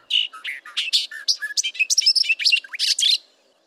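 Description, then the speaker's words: Bobolink song: a fast, bubbling jumble of tinkling, metallic, electronic-sounding notes that jump widely in pitch, running for about three seconds before stopping. Crazed, R2-D2-esque song. "Bobolinks are fascinating in many ways, including their crazed R2-D2-esque song."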